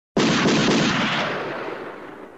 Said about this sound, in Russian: Все-таки бунтовщики постреляли нам вслед из ружей. Послышались выкрики, какие-то шальные пули.